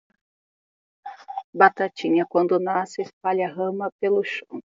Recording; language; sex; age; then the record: short text; Brazilian Portuguese; female; 30 to 39 years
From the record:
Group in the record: control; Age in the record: 37 years